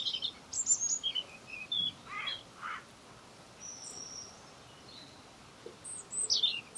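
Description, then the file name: European robin producing high, thin, squeaky phrases at the start and end, with lower notes midway, over faint background hiss. "Erithacus rubecula"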